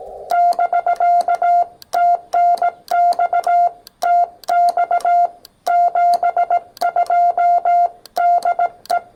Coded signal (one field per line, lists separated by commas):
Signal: Morse code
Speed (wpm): 18 wpm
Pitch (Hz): 690 Hz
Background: none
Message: <BK> TNX TX 72 DE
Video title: Two #POTA activations using R1CBU on Xiegu X6100 and MFJ-1898 #hamRadio